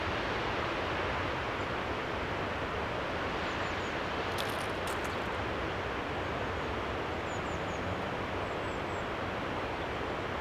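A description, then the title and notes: An outdoor soundscape at Lauterbach Church, dominated by a loud, unchanging rush like steady traffic or wind that fills the whole range. Brief sharp clicks stand out around the four- to five-second mark, and thin high chirps, like small birds, come through near four and eight seconds. Soundscape - Lauterbach Church. At the cemetery with the view of the church.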